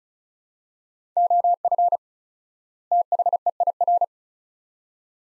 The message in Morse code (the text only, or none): OF THEIR